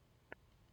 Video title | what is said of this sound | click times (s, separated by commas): Blokees Transformers Mystery Box #1 Ratchet | clicks very loudly okay | 0.3 s